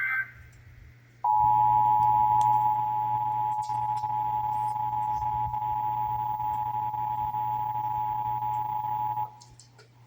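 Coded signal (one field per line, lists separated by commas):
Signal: Emergency Alert System (SAME) tones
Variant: 853 and 960 Hz attention tone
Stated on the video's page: Texas required monthly test heard on several radio and television stations.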